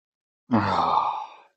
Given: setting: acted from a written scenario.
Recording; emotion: vocal sound without words; contentment